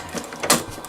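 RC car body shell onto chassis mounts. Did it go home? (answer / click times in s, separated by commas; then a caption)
yes / 0.5 s. The hard plastic body shell of an RC crawler is worked down over the sound unit and pressed onto its chassis mounts, with light plastic scrapes and knocks around it. The shell snaps into place with a sharp click at 0.5 s and is seated.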